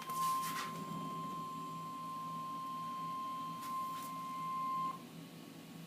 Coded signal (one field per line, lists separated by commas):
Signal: Emergency Alert System (SAME) tones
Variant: 1050 Hz attention tone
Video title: Eas required weekly test EAS 28